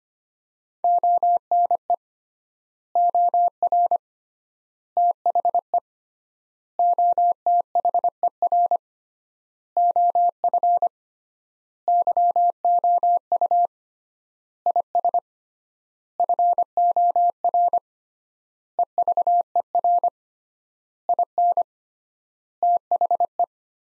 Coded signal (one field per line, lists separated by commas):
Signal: Morse code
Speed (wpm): 25 wpm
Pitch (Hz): 700 Hz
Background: none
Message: ONE OR THE OTHER OF YOU IS FOR EVER IN THE